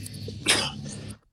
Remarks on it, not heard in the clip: Now that he's gotten through that sneeze. Oh, you could hear that sneeze. I even went off camera.